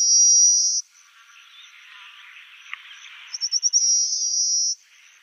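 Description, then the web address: Pale rock sparrow song: a high, even buzz, then a run of quick stuttered notes leading into a second long insect-like buzz, with soft chattering between. "Schulze Peter Pale Rock Sparrow song"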